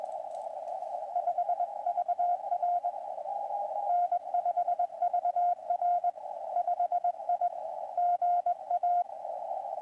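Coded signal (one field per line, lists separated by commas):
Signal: Morse code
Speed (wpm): 21 wpm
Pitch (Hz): 720 Hz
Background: radio noise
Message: 5VR N5VR 5I GA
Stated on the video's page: Winter Field Day live stream.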